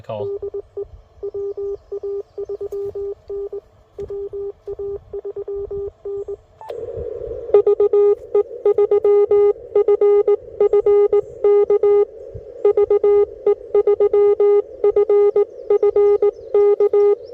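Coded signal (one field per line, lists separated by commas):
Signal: Morse code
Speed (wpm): 19 wpm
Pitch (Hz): 400 Hz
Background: music, radio noise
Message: DE WA3N WA3N VE3FFK VE3FFK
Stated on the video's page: Full-length CW POTA park activation from a vehicle with a Yaesu FT-857, Radioddity HF-009 antenna, LiFePO4 battery and Putikeeg key.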